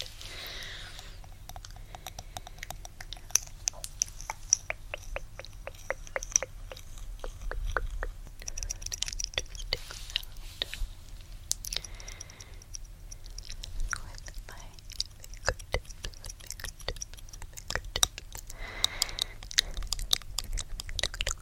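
Gentle tapping and mouth sounds play out as a dense stream of sharp clicks and smacks, sometimes coming in quick regular runs, sometimes scattered. Brief bursts of soft breathy sound, like faint whispering, appear near the start, around nine seconds and near nineteen seconds, over a low steady hum.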